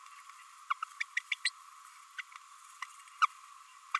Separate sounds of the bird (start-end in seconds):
0.70-0.73, 1.00-1.03, 1.32-1.34, 1.45-1.49, 2.18-2.21, 3.22-3.26, 3.94-3.99